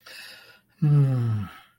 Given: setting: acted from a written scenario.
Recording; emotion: vocal sound without words; shame